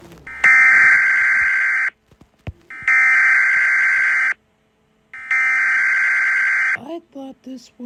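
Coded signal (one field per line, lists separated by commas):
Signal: Emergency Alert System (SAME) tones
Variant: header bursts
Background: speech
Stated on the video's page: Fictional alert scenario about a global hurricane, an animation.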